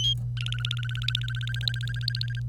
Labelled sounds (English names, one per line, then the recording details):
Domestic Canary song
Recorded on 25 April 2018 at 08:14
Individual llb3